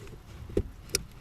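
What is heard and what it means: A plastic trailer wiring harness plug from a 4-pin kit is pushed into the unused factory tow connector on a Nissan Frontier, Pathfinder or Xterra. A softer low thump comes at 0.6 s, then a sharp, bright click at 1.0 s as the connector seats.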